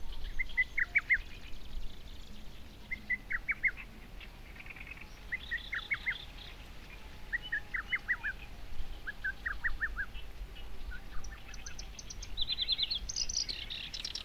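Bird song, short chirped phrases of rapid notes repeated about every one to two seconds, with higher thin notes joining near the end.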